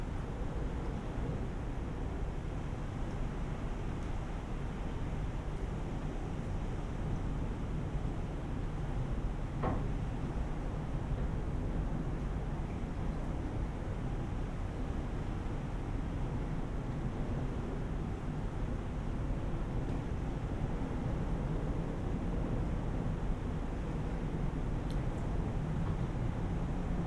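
Low wind moans through the wires between telegraph poles, a steady, dense murmur weighted toward the low end that barely changes in level. Rushes and grasses add a soft rustling hiss. A single faint tick comes near ten seconds and tiny high clicks around twenty-five.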